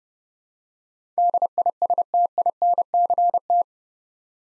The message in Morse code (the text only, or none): DISTINCT